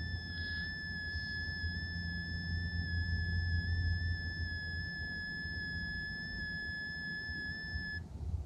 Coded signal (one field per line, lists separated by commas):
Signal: FT8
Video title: Best Ham Radio Go Bag You've Never Heard Of #pota #emergency #hamradio #amateurradio #antenna